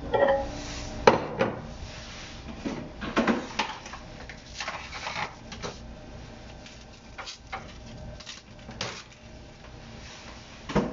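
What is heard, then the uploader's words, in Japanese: Vegetables being cut in a kitchen, with irregular sharp knocks of a knife on a wooden board, denser early on, amid quiet room sounds. 野菜を切る。カレーを作っている途中で野菜を切っている音。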